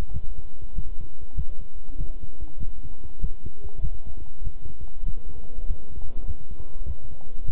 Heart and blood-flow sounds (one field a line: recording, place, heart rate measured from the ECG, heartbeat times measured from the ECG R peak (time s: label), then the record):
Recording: heart sounds by stethoscope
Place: between the tricuspid and mitral areas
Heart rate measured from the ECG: 98 bpm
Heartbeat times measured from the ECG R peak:
0.11 s: heartbeat
0.73 s: heartbeat
1.34 s: heartbeat
1.96 s: heartbeat
2.58 s: heartbeat
3.19 s: heartbeat
3.80 s: heartbeat
4.42 s: heartbeat
5.03 s: heartbeat
5.65 s: heartbeat
6.25 s: heartbeat
6.85 s: heartbeat
7.44 s: heartbeat
From the record:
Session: walking at 3.7 km/h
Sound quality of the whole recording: good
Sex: male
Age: 26 years